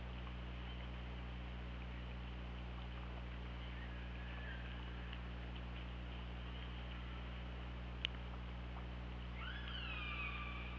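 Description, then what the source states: Killer whale calls: a faint level tone near four seconds, then a clearer descending harmonic call near the end, with a single click and steady low hum. OrcaLab hydrophone, 24 August 2017, 21:26.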